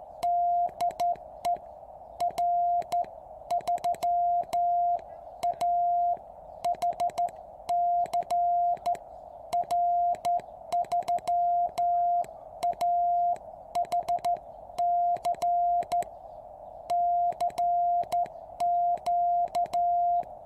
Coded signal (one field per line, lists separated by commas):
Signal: Morse code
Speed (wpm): 13 wpm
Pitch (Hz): 700 Hz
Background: none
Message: DE R3AHC R3AHC CQ